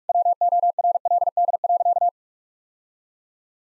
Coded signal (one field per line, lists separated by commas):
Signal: Morse code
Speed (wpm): 46 wpm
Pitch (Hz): 700 Hz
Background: none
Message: WORLD.